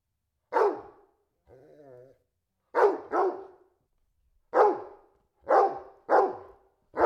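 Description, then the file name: Dog gives a loud bark, then a brief low wavering whine, then several loud abrupt barks, some in quick pairs, with short pauses between. Domestic dog barking indoors. "Digiffects Sound Effects Library - Dog Barking Indoors"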